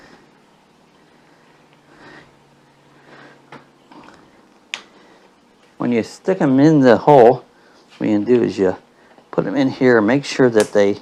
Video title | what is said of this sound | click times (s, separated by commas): Installing Sliding Doors | you hear it click | 4.7 s